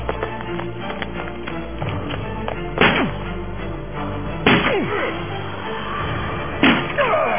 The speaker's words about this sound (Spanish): Venga, ayuda para tirar la puerta. Pronto, muévanse.